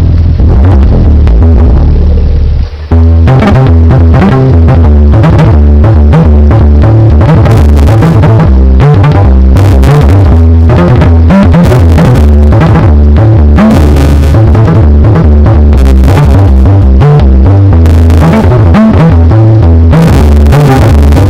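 A mix of environmental sounds and hard blips: a deep, steady throbbing hum runs throughout, with a short hushed stretch near the start. From about three seconds, sharp bright blips and clicks arrive in dense, irregular bursts over a tangle of shifting mid tones.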